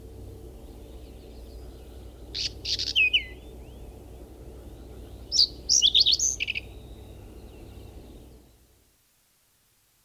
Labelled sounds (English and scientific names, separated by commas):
Whinchat (Saxicola rubetra) song